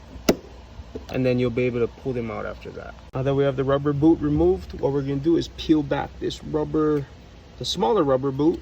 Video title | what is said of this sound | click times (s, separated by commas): 2022 Tacoma URD short shifter | the trick is to push them down to something small until you hear a click | 0.3 s